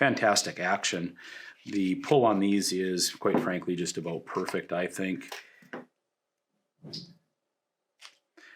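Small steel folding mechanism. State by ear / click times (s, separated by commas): seated / 8.1 s, 8.4 s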